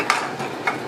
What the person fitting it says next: that way it's locked into place.